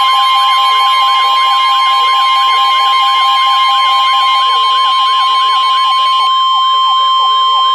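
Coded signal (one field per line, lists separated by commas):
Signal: Emergency Alert System (SAME) tones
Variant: 1050 Hz attention tone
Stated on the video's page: Real Special Marine Warning and Severe Thunderstorm Warning alerts relayed by a Milwaukee NOAA weather radio station.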